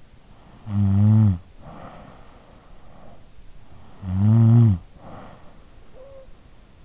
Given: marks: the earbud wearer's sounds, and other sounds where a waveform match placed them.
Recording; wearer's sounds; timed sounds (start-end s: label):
sounds in sleep by an in-ear microphone; snoring breath
0.34-2.63 s: snoring breath
3.79-5.88 s: snoring breath